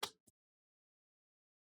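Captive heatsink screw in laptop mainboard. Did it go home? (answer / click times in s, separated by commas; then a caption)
released / 0.0 s. A spring-loaded captive heatsink screw, held by a C-lock in the heatsink on an HP OMEN 16 laptop mainboard, is rotated out until it clicks free. A sharp click sounds at 0.0 s with a short ringing tail, and a fainter tick follows at about 0.3 s. The click means the screw has loosened and is released while staying captive in the heatsink.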